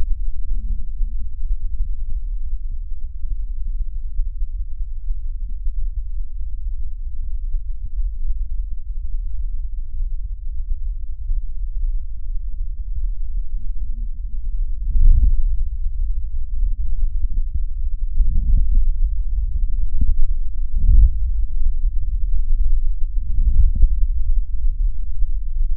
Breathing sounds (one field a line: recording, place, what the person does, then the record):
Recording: lung sounds by stethoscope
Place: right posterior basal chest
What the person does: quiet breathing, then deep breathing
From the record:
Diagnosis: interstitial lung disease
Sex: female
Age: 70 years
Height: 160 cm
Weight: 93 kg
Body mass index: 36.3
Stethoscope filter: bell mode